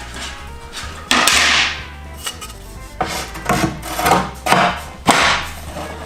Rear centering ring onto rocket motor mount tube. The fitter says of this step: gives a very satisfying uh click